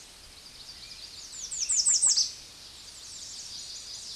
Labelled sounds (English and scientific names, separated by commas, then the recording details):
American Redstart (Setophaga ruticilla) song
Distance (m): 15 m
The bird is about 5 m above the microphone
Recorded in a Pennsylvania forest on 16 May 2024 at 06:30
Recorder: AudioMoth, point MSD-0526
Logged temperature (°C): 16.6 °C
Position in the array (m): 111 m, 239 m